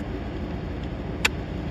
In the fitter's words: yep slide right into place and click right in